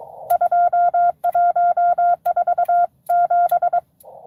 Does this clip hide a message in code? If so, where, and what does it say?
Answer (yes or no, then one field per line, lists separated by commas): yes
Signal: Morse code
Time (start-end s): 0.3-3.8 s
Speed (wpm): 22 wpm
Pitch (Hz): 700 Hz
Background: none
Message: 2147